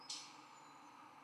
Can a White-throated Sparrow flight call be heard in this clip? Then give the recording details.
no. No flight call is heard. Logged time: 04:57 on 11 November 2014